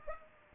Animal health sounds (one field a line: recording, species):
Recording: mosquito wingbeat signal from an infrared sensor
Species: Culex pipiens